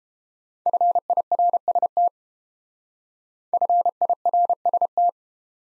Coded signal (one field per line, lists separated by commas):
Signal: Morse code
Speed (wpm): 30 wpm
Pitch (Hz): 700 Hz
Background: none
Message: FIRST FIRST